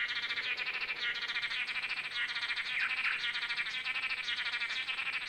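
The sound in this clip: Blue-backed manakins calling: dense, overlapping high chattering notes repeated continuously, with several birds calling together.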